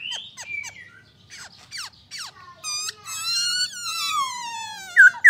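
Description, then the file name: Black-throated laughingthrush mixing short whistles and scratchy notes with a long, gradually falling wavering whistle, ending in a loud sharp note. "Pterorhinus chinensis"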